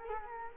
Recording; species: mosquito wingbeat signal from an infrared sensor; Culex quinquefasciatus